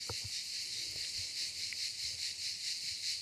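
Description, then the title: Cicada song: a harsh, unbroken high buzz with slight regular pulsing, with soft low thumps in the background. "cigales"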